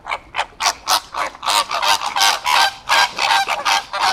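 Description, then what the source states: Flamingos calling: loud, nasal honks repeated about three times a second in an uneven, chattering rhythm. At a zoo.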